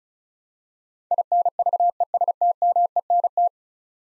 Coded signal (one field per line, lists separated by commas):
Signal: Morse code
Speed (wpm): 36 wpm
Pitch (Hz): 700 Hz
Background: none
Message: INVESTMENT